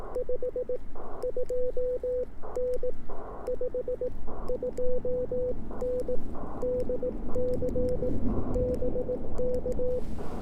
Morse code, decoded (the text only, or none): 52N 52N DC BK